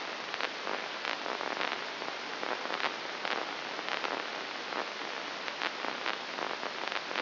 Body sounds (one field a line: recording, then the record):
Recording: brain microelectrode recording played as sound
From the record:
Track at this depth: inside the subthalamic nucleus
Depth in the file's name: 4.701 mm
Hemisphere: left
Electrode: 2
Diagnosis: Parkinson's disease